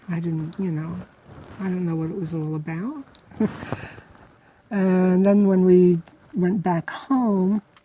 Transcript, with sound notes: I didn't, you know, I didn't know what it was all about. (laughs) And then when we went back home,